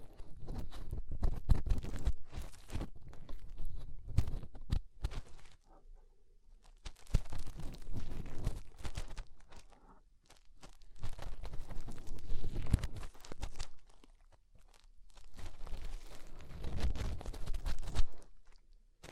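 Fingers rub and scratch inside an ear in dense crackling bursts, with quieter pauses near 5, 10 and 15 seconds.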